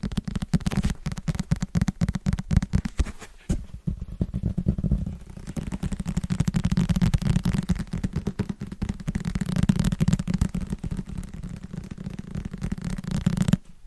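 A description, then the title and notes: Fingers tap quickly and rhythmically on wrapped presents, a dense run of dull knocks with a low, boxy thud. The tapping barely pauses, easing briefly around the fourth second before picking back up, and stops abruptly just before the end. ASMR Fast & Rhythmic Tapping with Christmas Presents （No Talking）.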